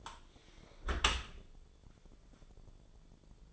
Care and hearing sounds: daily activity, microphone in the room; close dishwasher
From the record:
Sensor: 5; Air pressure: 1015.0 hPa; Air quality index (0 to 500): 123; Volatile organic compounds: 3 ppm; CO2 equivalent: 1321 ppm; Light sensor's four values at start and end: 35/80/32/32 and 35/80/32/32

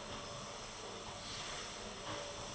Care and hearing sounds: daily activity, microphone in the room; vacuum cleaning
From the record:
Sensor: 4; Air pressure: 1012.7 hPa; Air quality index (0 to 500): 249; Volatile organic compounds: 5 ppm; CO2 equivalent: 1706 ppm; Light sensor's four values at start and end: 13/30/12/11 and 13/30/12/11

